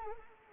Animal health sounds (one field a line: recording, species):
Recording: mosquito wingbeat signal from an infrared sensor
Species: Anopheles arabiensis